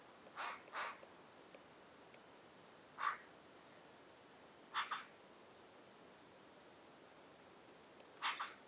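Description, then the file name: Eurasian magpie uttering five scratchy, noisy calls at irregular intervals, a quick pair first, then single harsh notes spaced a few seconds apart, against quiet hiss. "Pica pica"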